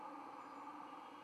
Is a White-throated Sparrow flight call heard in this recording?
no